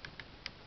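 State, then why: Seated. A magazine is pushed into the magazine well of a paper replica UMP .45 and locks into place. Two faint ticks come at about 0.1 s and 0.2 s. A sharper, brighter tick at 0.5 s marks the magazine seating.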